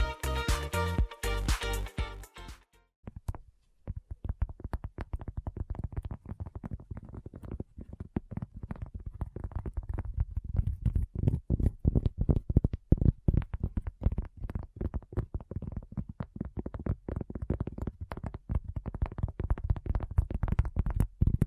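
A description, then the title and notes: Addictive tapping: it opens with a few seconds of bright, tonal, stepped notes, then after a brief pause shifts into quick, dense tapping. The taps are soft and low, arriving in rapid irregular bursts with tiny gaps, steady in loudness through the end. ASMR Addictive Tapping. (No Talking).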